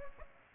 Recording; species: mosquito wingbeat signal from an infrared sensor; Aedes aegypti